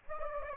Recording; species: mosquito wingbeat signal from an infrared sensor; Aedes aegypti